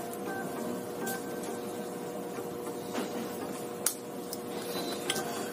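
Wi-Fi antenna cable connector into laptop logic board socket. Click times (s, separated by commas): 3.9 s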